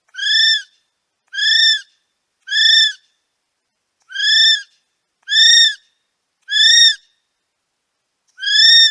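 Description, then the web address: Kiwi calling with shrill, arched whistles rich in harmonics, seven notes each about half a second long, separated by silent gaps of uneven length. "sound Kiwi. صدای-پرنده-کیوی"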